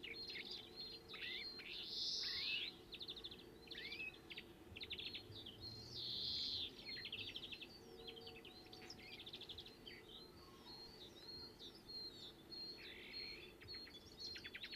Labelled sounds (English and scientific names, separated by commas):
European Greenfinch (Chloris chloris) song